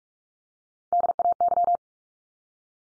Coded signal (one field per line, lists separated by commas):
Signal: Morse code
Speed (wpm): 44 wpm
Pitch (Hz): 700 Hz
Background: none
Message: DAY